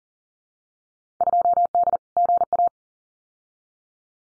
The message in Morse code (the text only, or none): 2D GA